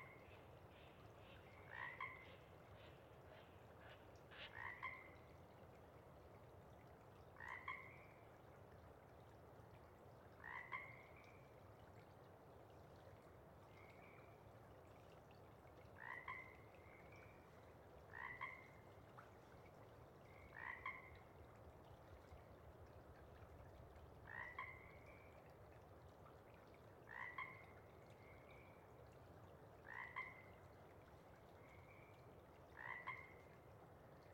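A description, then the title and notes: A few chorus frogs call in the pre-dawn dark, each short rising trill standing alone. The calls come every two to three seconds, sometimes two close together, bright, over a steady low rumble of background noise. Chorus Frogs, Sparse, pre-Dawn. Most of the pod members have gone back to burrow and sleep, but a few individuals continue to try their hardest to attract a mate. Pseudacris regilla (Pacific Chorus Frog). In Sinlahekin Valley, a single pod chorus of frogs comes alive in this quiet land nearly devoid of human sound.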